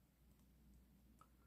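Plastic miniature kit piece A5 is pressed against piece A3, expected to fit together, but they do not snap in. A faint low hum runs throughout, with one brief tick near 1.2 s. Nothing has seated or clicked yet.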